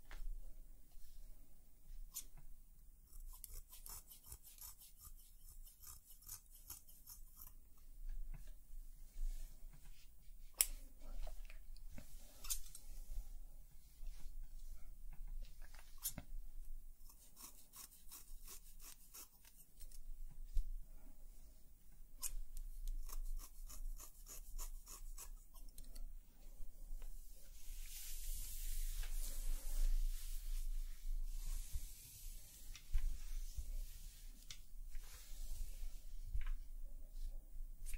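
Hair is cut with scissors in short bursts of crisp snipping and rubbing, spread through the clip with brief pauses. Around the middle and again near the end comes a longer hissing, brushing stretch, over a faint low hum.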